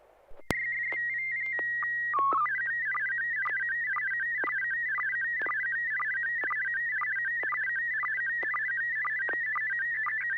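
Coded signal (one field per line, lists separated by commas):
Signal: SSTV (slow-scan television)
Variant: Martin 1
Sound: steady whistle, a short header chirp, then warbling tones with regular clicking sync pulses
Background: low mains hum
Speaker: will be uh Martin one let's do a tone test first let me know if I have a tone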